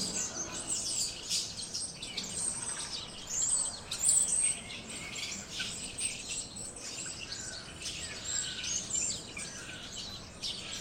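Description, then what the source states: Birds chirping, a dense chorus of high, thin chirps and twitters overlapping throughout, with a few louder bursts near four seconds. Birds in a tree.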